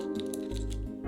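A metal valet key blade is being handled at its slot in a plastic key fob for a Volkswagen Tiguan, with music playing underneath. Several short ticks and scrapes come through. The clip ends before the blade clicks into the fob, so nothing has seated yet.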